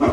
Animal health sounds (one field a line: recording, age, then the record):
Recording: pig call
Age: growing-finishing pig (85 days or more)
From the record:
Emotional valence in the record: positive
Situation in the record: run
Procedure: transit